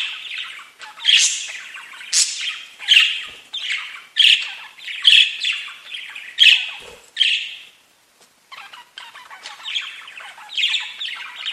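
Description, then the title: Budgerigar calls: loud, harsh chirped squawks repeated many times, a short silence, then softer scratchy chatter resuming. "Budgie Sounds"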